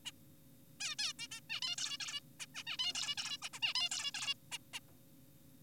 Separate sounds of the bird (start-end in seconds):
0.06-0.12, 0.80-0.96, 0.99-1.13, 1.19-1.28, 1.32-1.40, 1.50-1.60, 1.62-1.76, 1.78-1.98, 2.00-2.20, 2.40-2.46, 2.55-2.64, 2.67-2.77, 2.79-2.93, 2.95-3.15, 3.18-3.38, 3.42-3.49, 3.54-3.60, 3.62-3.74, 3.75-3.89, 3.92-4.11, 4.14-4.34, 4.52-4.58, 4.74-4.80